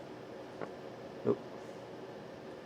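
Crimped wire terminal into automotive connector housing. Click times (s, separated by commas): 1.3 s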